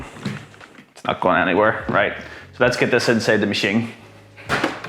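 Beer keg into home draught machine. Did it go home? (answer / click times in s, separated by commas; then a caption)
no / none. Someone talks while handling a beer keg as it is brought toward a Philips Perfect Draft home draught machine, with a few small knocks near the start and a short sharp tap at the very end. The keg has not yet clicked into the machine, and nothing has seated.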